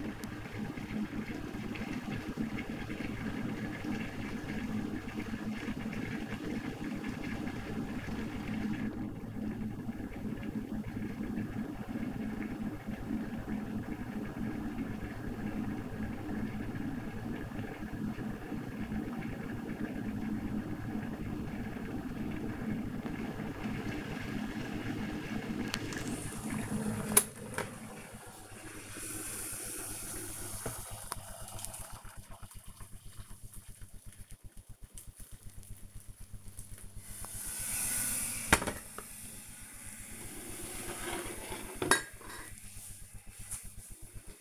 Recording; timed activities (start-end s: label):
household activities, microphone on the right wrist
0.00-39.51 s: making tea